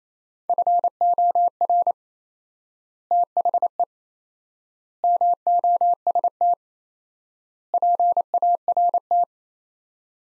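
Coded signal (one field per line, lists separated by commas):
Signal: Morse code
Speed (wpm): 28 wpm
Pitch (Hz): 700 Hz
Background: none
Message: FOR THE MOST PART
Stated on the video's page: Morse practice at 28 wpm, four-word sets with 4x word spacing, Farnsworth-like method using words; each set is sent, then spoken.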